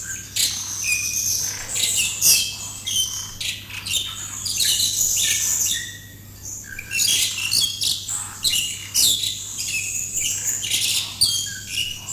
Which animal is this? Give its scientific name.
Gracupica contra